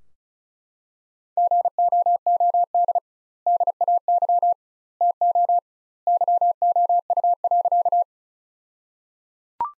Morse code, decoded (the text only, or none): GOOD DAY TO YOU.